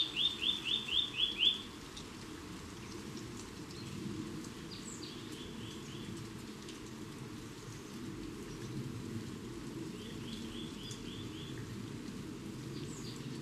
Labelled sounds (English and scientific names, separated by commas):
Eurasian Nuthatch (Sitta europaea) song